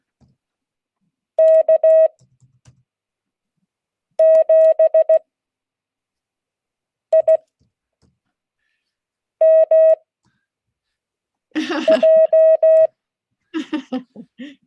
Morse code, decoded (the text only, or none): K7IMJ